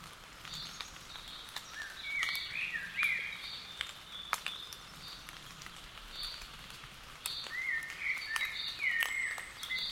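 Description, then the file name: Common blackbird singing two separate fluty, warbling phrases a few seconds apart, over a patter of sharp rain-like clicks. "Turdus merula"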